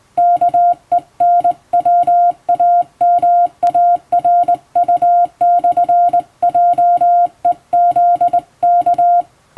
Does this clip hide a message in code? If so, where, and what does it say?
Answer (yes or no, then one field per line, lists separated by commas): yes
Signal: Morse code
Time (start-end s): 0.2-9.2 s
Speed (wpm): 19 wpm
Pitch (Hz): 700 Hz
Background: music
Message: KENWAMARU/JEZK